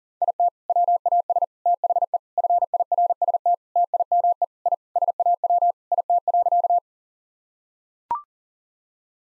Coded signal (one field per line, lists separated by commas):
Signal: Morse code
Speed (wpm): 40 wpm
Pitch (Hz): 700 Hz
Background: none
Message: IT WAS THE FIRST TIME I SAW IT.